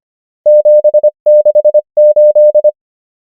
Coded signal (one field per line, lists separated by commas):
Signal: Morse code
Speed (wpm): 25 wpm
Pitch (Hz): 600 Hz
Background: none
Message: 768